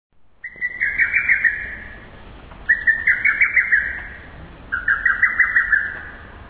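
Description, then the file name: Lesser cuckoo calling, three loud staccato phrases of quick stuttering notes, each lasting over a second, repeated about every two seconds over low background rumble. "Hototogisu"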